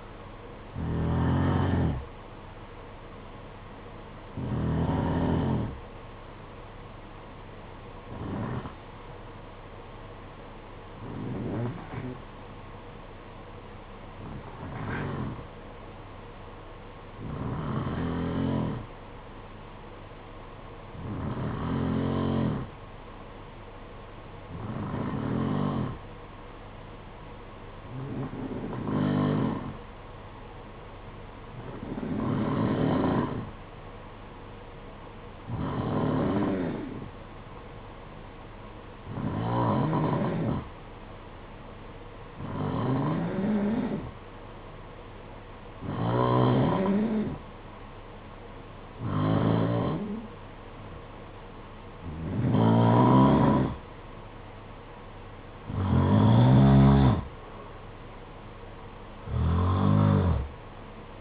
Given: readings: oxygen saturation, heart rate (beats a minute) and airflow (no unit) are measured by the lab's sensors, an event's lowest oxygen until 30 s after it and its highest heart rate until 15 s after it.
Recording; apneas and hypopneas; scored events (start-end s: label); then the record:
breathing in sleep by a voice recorder at the bedside; 1
10.00-53.60 s: hypopnea (N1, oxygen 94% highest, then 89% lowest, heart rate 53 at the start, 64 highest)
13.00-61.21 s: new sleep stage, N2 (light sleep)
From the record:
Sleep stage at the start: N1 (lightest sleep); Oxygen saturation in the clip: 89 to 94%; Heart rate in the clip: 52 to 61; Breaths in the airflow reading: 18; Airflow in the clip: -4.8 to 6.0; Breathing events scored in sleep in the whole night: 476 in 9.7 hours asleep